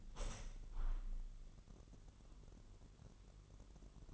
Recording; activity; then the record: daily activity, microphone in the room; open window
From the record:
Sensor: 4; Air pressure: 999.4 hPa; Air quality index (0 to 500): 138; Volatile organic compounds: 3 ppm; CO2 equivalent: 1362 ppm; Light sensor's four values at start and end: 21/53/22/24 and 21/53/22/24